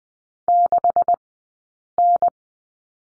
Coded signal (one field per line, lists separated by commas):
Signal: Morse code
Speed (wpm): 20 wpm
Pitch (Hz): 700 Hz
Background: none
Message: 6N